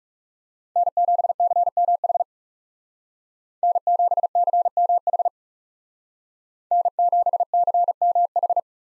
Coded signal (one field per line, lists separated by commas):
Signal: Morse code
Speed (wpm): 36 wpm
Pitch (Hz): 700 Hz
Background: none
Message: N7CMH N7CMH N7CMH